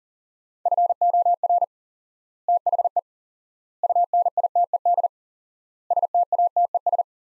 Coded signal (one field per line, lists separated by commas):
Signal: Morse code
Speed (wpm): 37 wpm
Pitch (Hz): 700 Hz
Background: none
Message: FOR THE UNITED STATES